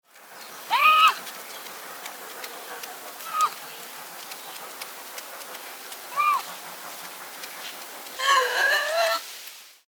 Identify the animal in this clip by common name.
Bobcat